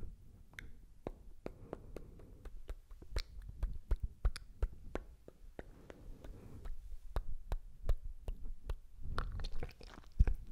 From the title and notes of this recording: MOUTH SOUNDS and OIL HAND SOUNDS ASMR.